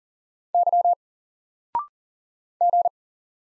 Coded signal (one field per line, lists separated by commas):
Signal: Morse code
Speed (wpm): 39 wpm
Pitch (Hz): 700 Hz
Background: none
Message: Y G